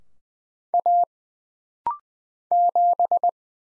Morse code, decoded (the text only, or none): A 7